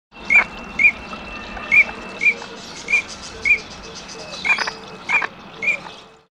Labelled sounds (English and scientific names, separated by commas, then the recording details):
Eurasian Teal (Anas crecca)
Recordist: Tembrock, Günter
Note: zwei verschiedene Lautformen